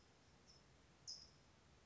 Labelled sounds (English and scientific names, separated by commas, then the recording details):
California Towhee (Melozone crissalis)
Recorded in Sonoma County, California